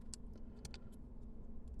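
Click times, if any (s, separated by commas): none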